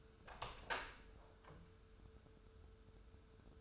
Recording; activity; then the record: daily activity, microphone in the room; open door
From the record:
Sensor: 2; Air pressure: 1015.0 hPa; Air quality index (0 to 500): 154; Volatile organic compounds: 7 ppm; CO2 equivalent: 1995 ppm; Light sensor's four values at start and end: 13/35/14/15 and 13/35/14/15